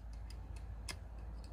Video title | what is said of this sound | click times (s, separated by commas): HOW TO CHANGE HONDA CRF 450 SUSPENSION K-TEC SPRINGS | click with a nicer satisfying click inspect | 0.9 s